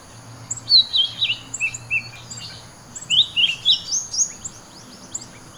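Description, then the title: Bird song: quick chirped and whistled notes in two busy bursts, rapid and uneven. "SuaraBurung Kicau"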